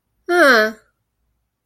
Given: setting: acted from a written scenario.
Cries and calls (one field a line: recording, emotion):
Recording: vocal sound without words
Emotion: realization